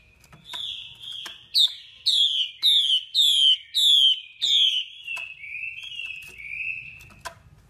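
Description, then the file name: Chinese hwamei song: a steady sequence of loud, harmonically rich whistles each sliding down in pitch, then trailing into gentler warbled notes. Female hwamei calling, a sound used to stimulate male birds. "Tieng chim hoa mi mai kich trong"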